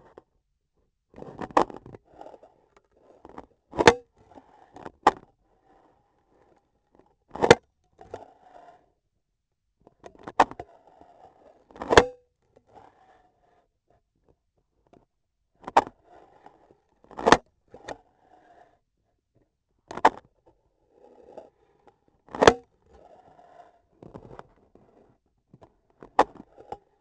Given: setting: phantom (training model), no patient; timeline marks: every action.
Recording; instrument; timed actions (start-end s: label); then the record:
laparoscopic instrument, vibration sensor on the handle end; scissors
1.07-2.05 s: scissors opening
3.63-4.15 s: cutting foam
4.67-5.36 s: scissors opening
7.23-7.73 s: cutting foam
9.91-10.69 s: scissors opening
11.62-12.41 s: cutting foam
15.46-16.03 s: scissors opening
16.96-17.50 s: cutting foam
19.78-20.35 s: scissors opening
22.25-22.69 s: cutting foam
25.93-26.80 s: scissors opening
From the record:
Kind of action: gesture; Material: foam